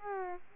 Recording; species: mosquito wingbeat signal from an infrared sensor; Aedes albopictus